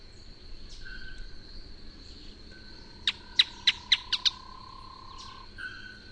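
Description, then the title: Canebrake groundcreeper calling: a quick burst of about six sharp, loud, downslurred notes in under two seconds, over steady high insect-like tones and a softer bird note. "LuckyPassaro Completos2Sama. Canebrake Groundcreeper (Clibanornis dendrocolaptoides)"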